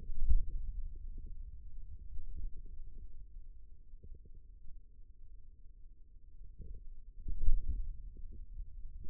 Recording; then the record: forearm muscle sounds (acoustic myography)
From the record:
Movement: pen grasping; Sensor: system 2, bracelet of six BSWA MPA416 microphones around the upper forearm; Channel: 3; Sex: male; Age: 22 years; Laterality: right